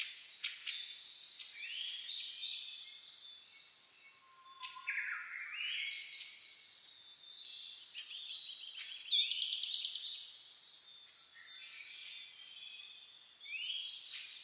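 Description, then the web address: Birds singing in a dawn chorus: overlapping high whistles, chirps and sweeping phrases from several birds, with one brief lower whistled note near the middle. Dawn chorus (reimei) birdsong (saezuri), recorded 10 May 2010. "reimei -saezuri-20100510"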